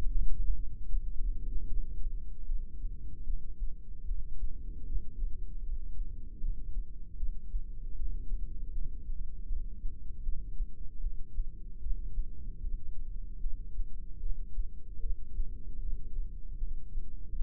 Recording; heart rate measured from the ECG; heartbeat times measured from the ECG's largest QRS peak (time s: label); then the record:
heart sounds by microphone in the right ear; 77 bpm
0.13 s: heartbeat
0.91 s: heartbeat
1.70 s: heartbeat
2.49 s: heartbeat
3.27 s: heartbeat
4.08 s: heartbeat
4.89 s: heartbeat
5.66 s: heartbeat
6.42 s: heartbeat
7.19 s: heartbeat
7.98 s: heartbeat
8.74 s: heartbeat
9.49 s: heartbeat
10.25 s: heartbeat
11.03 s: heartbeat
11.83 s: heartbeat
12.63 s: heartbeat
13.43 s: heartbeat
14.22 s: heartbeat
15.02 s: heartbeat
15.82 s: heartbeat
16.60 s: heartbeat
17.38 s: heartbeat
From the record:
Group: heart failure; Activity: light exercise 0-2 s, rest 2-17 s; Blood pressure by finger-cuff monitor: 126/88 mmHg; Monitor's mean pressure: 102 mmHg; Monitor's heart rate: 76 bpm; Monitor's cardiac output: 6.9 L/min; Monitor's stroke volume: 90 mL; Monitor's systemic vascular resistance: 1090 dyn s/cm5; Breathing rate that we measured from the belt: 17 breaths a minute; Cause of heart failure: idiopathic cardiomyopathy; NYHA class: 1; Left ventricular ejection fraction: 50%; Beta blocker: bisoprolol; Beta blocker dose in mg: 5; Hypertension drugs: candesartan, spironolactone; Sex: male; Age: 54 years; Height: 180 cm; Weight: 94.6 kg